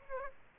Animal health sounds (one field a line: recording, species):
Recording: mosquito wingbeat signal from an infrared sensor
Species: Aedes aegypti